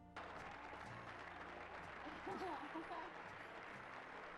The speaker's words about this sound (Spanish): Bueno, ahí los aplausos del público, que anda medio apagado el público.